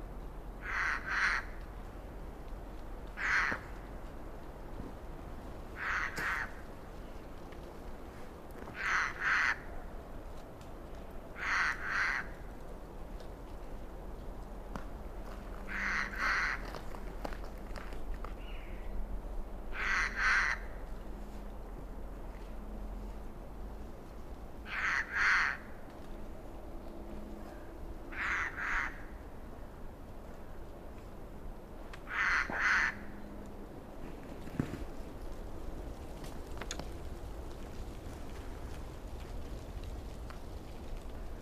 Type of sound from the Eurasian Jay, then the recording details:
call. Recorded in the wild. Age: adult. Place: Kremmen, Kremmener Luch, Brandenburg, DE. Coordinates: 52.7531, 13.0597. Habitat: decidous forest. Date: 2013-03-16 10:12. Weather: sunny, almost windless, -10°C. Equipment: Sound Devices 702, Sennheiser MKH 70, Rycote Windschutz. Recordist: Frommolt, Karl-Heinz